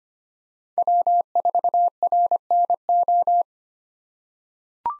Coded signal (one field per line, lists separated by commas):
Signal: Morse code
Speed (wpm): 25 wpm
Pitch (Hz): 700 Hz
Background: none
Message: W4RNO